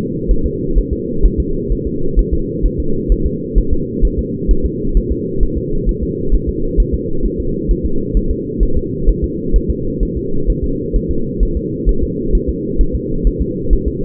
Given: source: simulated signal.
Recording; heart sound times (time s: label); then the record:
fetal heart sounds
0.31 s: S1
0.46 s: S2
0.78 s: S1
0.93 s: S2
1.25 s: S1
1.40 s: S2
1.72 s: S1
1.87 s: S2
2.19 s: S1
2.33 s: S2
2.66 s: S1
2.80 s: S2
3.12 s: S1
3.26 s: S2
3.58 s: S1
3.73 s: S2
4.05 s: S1
4.19 s: S2
4.51 s: S1
4.65 s: S2
4.97 s: S1
5.12 s: S2
5.43 s: S1
5.58 s: S2
5.89 s: S1
6.03 s: S2
6.34 s: S1
6.49 s: S2
6.80 s: S1
6.94 s: S2
7.26 s: S1
7.40 s: S2
7.71 s: S1
7.86 s: S2
8.17 s: S1
8.31 s: S2
8.63 s: S1
8.77 s: S2
9.09 s: S1
9.24 s: S2
9.56 s: S1
9.70 s: S2
10.03 s: S1
10.17 s: S2
10.50 s: S1
10.64 s: S2
10.96 s: S1
11.11 s: S2
11.43 s: S1
11.57 s: S2
11.89 s: S1
12.03 s: S2
12.35 s: S1
12.49 s: S2
12.81 s: S1
12.95 s: S2
13.27 s: S1
13.41 s: S2
13.73 s: S1
13.88 s: S2
From the record:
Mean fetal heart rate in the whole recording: 130 bpm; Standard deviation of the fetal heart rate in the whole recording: 2 bpm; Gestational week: 36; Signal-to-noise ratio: -8.1 dB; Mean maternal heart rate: 72 bpm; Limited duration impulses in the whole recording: absent